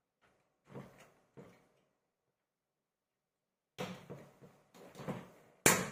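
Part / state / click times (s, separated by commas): panel-mount component into power supply enclosure cutout / seated / 5.7 s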